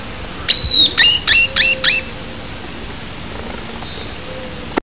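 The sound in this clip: Bird calling, a quick run of five sharp whistled notes, each dropping in pitch, over a steady low background hum.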